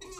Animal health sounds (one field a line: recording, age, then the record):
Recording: pig call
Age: weaner (32 to 43 days)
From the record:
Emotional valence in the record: negative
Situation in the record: novel object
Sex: female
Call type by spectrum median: low-frequency call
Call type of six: high-frequency stable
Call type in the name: high-frequency stable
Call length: 0.19 s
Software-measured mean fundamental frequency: 373 Hz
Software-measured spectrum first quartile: 507 Hz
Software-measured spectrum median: 1976 Hz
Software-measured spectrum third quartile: 5504 Hz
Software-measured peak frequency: 373 Hz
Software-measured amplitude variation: 66 dB a second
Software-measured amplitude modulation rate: 23.2 a second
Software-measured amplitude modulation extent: 2.9 dB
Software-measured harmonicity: 5.8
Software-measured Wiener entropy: -2.52